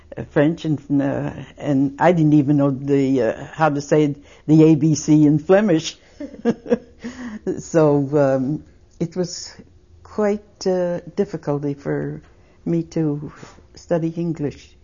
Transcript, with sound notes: French and, uh, and I didn't even know the, uh, how to say the A-B-C's in Flemish. (She laughs.) So it was quite, uh, difficult, for me to study English.